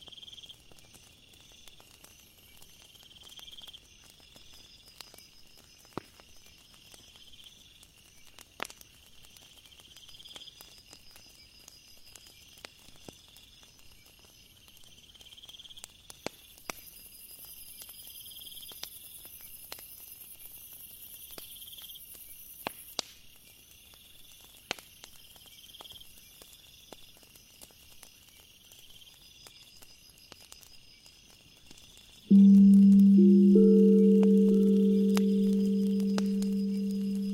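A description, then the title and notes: Insects chirp steadily and a fire crackles sharply, until a loud, deep ringing drum tone swells in near the end and slowly fades. 528Hz ethereal drum, bonfire, firewood sound, insects.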